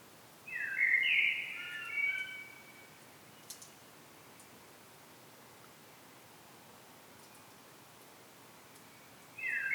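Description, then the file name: Common blackbird: one fluted warbling phrase early on, then a long quiet pause, with the start of another phrase at the very end. "Turdus merula"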